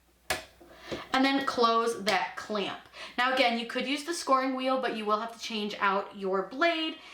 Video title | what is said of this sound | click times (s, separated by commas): MORE Cricut Hacks Tips and Trick every Cricut user needs to know | it in to your stylus until it clicks and | 0.3 s